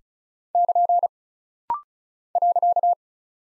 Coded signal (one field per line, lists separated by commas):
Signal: Morse code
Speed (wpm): 36 wpm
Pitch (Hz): 700 Hz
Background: none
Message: <KN> .